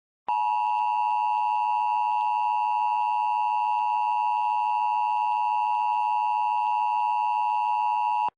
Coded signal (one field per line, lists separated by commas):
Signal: Emergency Alert System (SAME) tones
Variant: 853 and 960 Hz attention tone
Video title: EAS Recreation (10/04/15): "Flash Flooding Across the State"